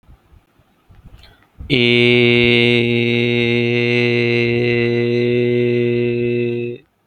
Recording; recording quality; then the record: sustained vowel as in made; moderate, slight background noise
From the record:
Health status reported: healthy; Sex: male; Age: 22 years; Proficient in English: yes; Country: India